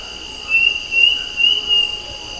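Bird calling with a series of four clear whistled notes, each slightly rising, spaced about half a second apart over a steady high hiss.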